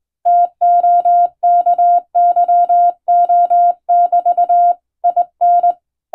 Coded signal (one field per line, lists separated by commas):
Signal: Morse code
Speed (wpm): 20 wpm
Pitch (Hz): 700 Hz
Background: none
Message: TOKYO<BT>IN